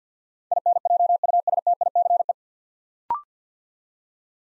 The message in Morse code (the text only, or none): INJUSTICE